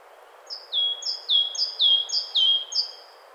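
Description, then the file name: Great tit song of crisp two-note phrases, a high note slipping down to a lower sustained one, repeated several times in quick succession. "Parus major"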